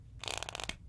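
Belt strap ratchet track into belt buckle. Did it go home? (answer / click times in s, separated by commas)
yes / 0.3 s, 0.4 s, 0.5 s, 0.6 s, 0.7 s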